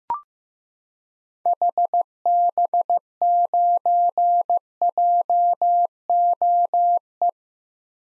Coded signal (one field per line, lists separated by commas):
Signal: Morse code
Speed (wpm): 15 wpm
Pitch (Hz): 700 Hz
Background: none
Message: HB9JOE